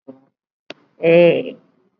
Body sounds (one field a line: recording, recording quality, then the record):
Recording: sustained vowel as in made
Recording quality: excellent, no background noise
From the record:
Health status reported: COVID-19 positive, mild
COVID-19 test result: positive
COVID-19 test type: RT-PCR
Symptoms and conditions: cough, cold, fatigue, hypertension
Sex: female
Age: 58 years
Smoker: no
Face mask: worn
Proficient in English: no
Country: India